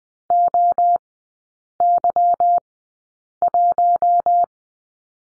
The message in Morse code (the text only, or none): OY1